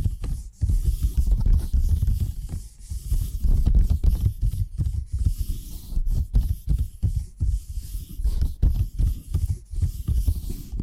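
Tapping triggers: a dense run of dull, low, muffled taps and thumps, coming quickly and unevenly with brief pauses between clusters. Soft rubbing and scraping textures sit underneath, with a faint airy hiss high above throughout.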